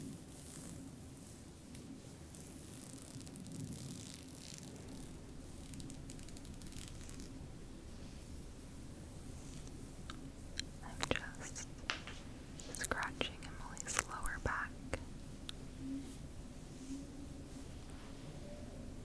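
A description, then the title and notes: Scratching on a back, a steady rough rasp of nails over skin and fabric. Through the first half it is a dense, even rubbing; after about ten seconds sharper scrapes and little clicks break through, irregular and brighter, over a low constant hum. ASMR Back scratch.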